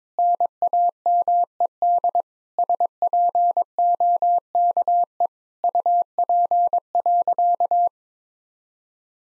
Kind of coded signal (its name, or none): Morse code